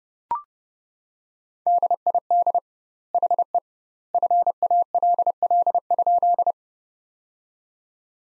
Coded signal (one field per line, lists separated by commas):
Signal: Morse code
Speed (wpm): 30 wpm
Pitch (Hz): 700 Hz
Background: none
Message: DID HE FALL?